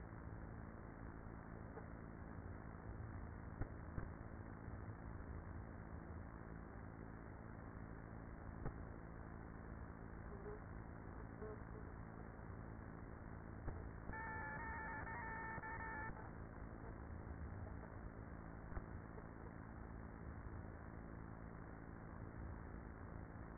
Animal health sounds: honeybee colony, microphone inside the hive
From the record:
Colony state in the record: queenless with a low population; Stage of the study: after two queens were removed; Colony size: about 30,000 bees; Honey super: no

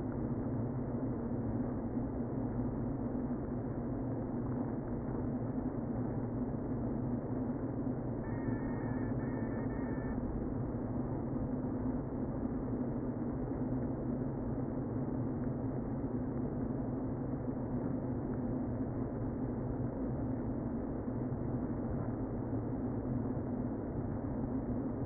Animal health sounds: honeybee colony, microphone inside the hive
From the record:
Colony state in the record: queen present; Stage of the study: before two queens were removed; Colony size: about 60,000 bees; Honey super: yes

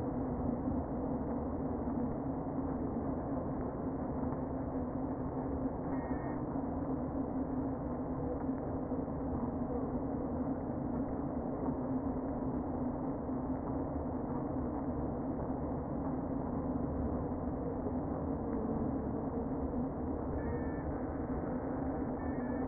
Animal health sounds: honeybee colony, microphone inside the hive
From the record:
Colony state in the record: queen present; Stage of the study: before two queens were removed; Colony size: about 60,000 bees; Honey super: yes

